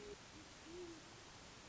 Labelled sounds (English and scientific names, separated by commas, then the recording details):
Great Horned Owl (Bubo virginianus)
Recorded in Sonoma County, California